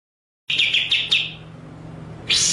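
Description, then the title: White-rumped shama song: a short burst of rapid stuttering notes, then a brief bright high phrase after a pause. Masteran (training) track featuring full ngerol and nembak song styles. "Masteran Murai Batu Full Ngerol Nembak"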